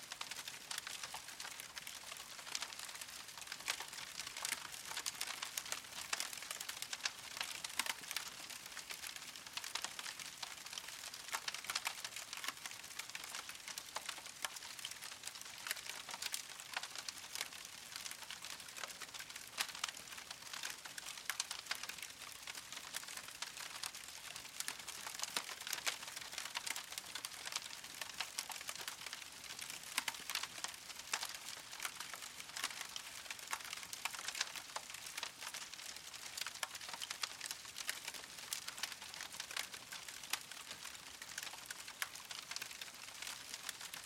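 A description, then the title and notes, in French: A fire crackles steadily, dense with sharp, bright pops and snaps that come thick and fast over a soft hiss throughout. Le crépitement réconfortant du feu. Le son du bois qui brûle.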